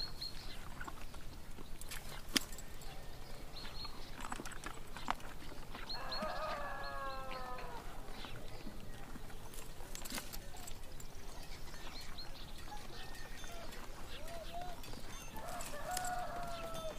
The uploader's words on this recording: Peaceful fantasy town in the morning. Birds singing, people in the town doing their work, horse carts and farm animals.